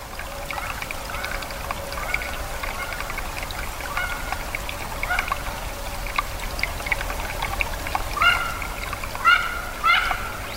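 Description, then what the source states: Mandarin duck calls: a few short whistled notes near the end, over the sound of running water. A member of the duck family; male very colourful, female plain.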